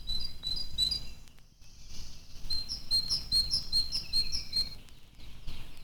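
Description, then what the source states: Great Tit song: a clear two-note high whistle repeated quickly, broken by a short pause, over background noise. Found everywhere: forests, villages, even city gardens.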